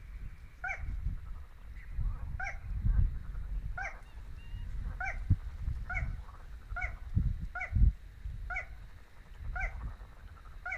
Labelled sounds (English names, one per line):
Little Crake song